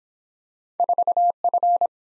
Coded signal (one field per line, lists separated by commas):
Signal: Morse code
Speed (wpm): 23 wpm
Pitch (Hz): 700 Hz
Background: none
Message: 4F